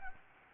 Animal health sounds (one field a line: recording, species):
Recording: mosquito wingbeat signal from an infrared sensor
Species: Anopheles gambiae